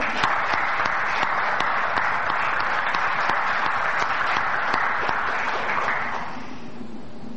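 Sustained audience applause for the first Semana Solidaria del Misterio, a dense wash of many hands clapping steadily at full volume for about six seconds, then quickly dying away to a low murmur.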